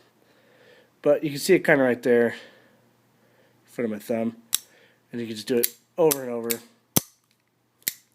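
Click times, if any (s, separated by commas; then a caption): 7.0 s, 7.9 s. Someone talks, then the bolt in a rifle's bolt carrier is flicked twice with a quick snap of the wrist and a thumb push, forcing it up into position. It gives two sharp snaps at 7.0 s and 7.9 s. The bolt seats each time, showing the rifle is clean enough to function.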